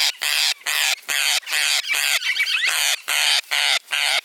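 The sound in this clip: Parrot calling with a fast run of harsh, rasping squawks, nearly continuous, a brief tangle of thin chirps midway.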